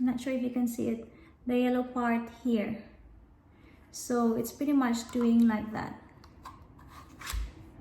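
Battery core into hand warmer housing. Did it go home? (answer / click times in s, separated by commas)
no / none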